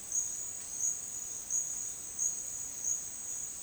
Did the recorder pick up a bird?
no